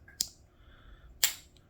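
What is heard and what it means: A folding pocket knife's blade is worked open and closed in its slip-joint handle, and the steel backspring snaps the blade into position with sharp, bright clicks at 0.2 s and 1.2 s. The blade seats firmly each time.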